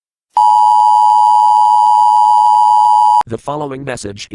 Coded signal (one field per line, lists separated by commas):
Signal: Emergency Alert System (SAME) tones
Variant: 853 and 960 Hz attention tone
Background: speech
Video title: EAS SCENARIO: ZOMBIE APOCALYPSE PART 1